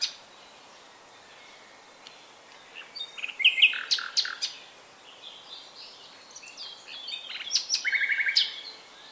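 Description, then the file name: Common nightingale song: scattered phrases of sharp clicks and varied notes after a quiet start, ending in a rapid rattling trill of repeated notes. "Luscinia megarhynchos"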